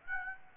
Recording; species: mosquito wingbeat signal from an infrared sensor; Aedes aegypti